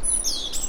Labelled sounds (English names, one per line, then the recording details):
Stitchbird song
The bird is a male
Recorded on Tiritiri Matangi Island, New Zealand, in 2005
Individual 1, of nest box 1